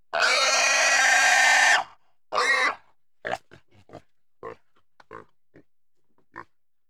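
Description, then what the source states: Pig giving a long harsh squeal, then a shorter one, followed by a series of brief grunts spaced irregularly. Intense squeals.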